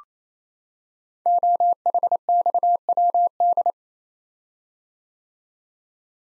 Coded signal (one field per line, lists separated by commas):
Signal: Morse code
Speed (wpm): 27 wpm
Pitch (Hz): 700 Hz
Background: none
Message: OHXWD